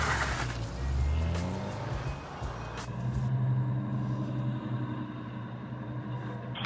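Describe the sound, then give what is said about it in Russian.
A taxi's engine rumbles low and steady as it pulls up, with a brief swell in loudness before it settles into an idle hum and faint road noise, with no voices. “Это такси, машинка подъехала.”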